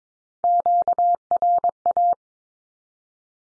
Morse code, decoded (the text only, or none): QRA